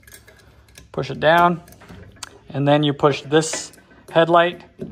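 A plastic LED headlight bulb part is lined up in a tight fit and pushed down into the headlight housing of a Honda Ruckus scooter while someone talks. A sharp, loud hit at 2.2 s marks the part seating into place.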